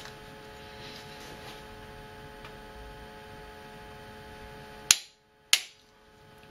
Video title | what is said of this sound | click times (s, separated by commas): Mercedes Benz W140 S320 Engine M104 Retorquing Head Bolts | so you hear the click, 90 foot-pounds. | 4.9 s, 5.5 s